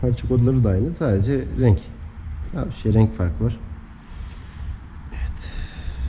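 An air filter is being handled into the airbox of a 2014 Fazer 8 motorcycle; the original and replacement filters are the same, with only the colour differing. A man talks over faint handling noise and background hiss. Nothing has seated or clicked yet.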